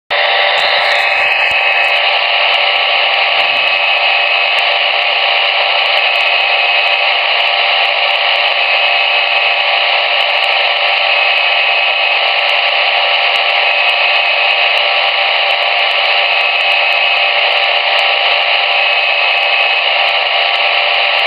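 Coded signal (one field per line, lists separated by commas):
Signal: unidentified radio signal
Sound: steady wide data hiss with a short high beep about every 2.5 seconds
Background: radio static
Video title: Beeps and data on 27.950 MHz 27950 kHz - 11 meter DX 6 Dec 2011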